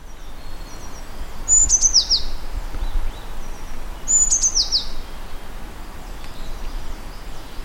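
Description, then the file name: Eurasian blue tit calls: two bursts of very high, thin notes falling into quick descending trills, about three seconds apart, over steady low rumbling noise. "Cyanistes caeruleus"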